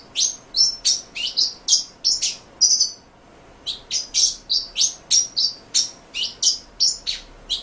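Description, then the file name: Pin-tailed whydah song, a fast series of high, squeaky chirps and short swept notes, a brief pause, then the rapid chirping resumes. "suara pintailwydah omkicau"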